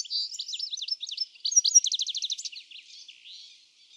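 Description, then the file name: European goldfinch twittering in a high, liquid rush of quick tinkling notes and rapid buzzy trills, fading out toward the end. "Carduelis carduelis"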